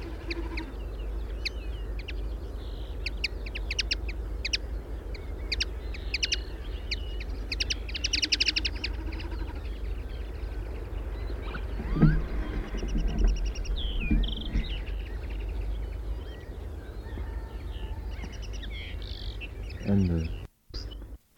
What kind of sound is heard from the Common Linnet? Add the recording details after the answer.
call. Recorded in the wild. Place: Landow, Insel Rügen, Mecklenburg-Vorpommern, DE. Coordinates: 54.404, 13.263. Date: 1970-05-03. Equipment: Nagra III BH, Sennheiser MD 21, parabola. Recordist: Schubert, Michael. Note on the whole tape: Bei Landow: Locken Bluthänfling, Ges. mehrerer Expl